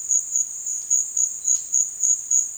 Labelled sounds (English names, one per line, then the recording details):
none
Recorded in dense forest near Puerto Asís, Putumayo, Colombia, on 23 June 2025 at 14:00
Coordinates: 0.466, -76.327
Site GP04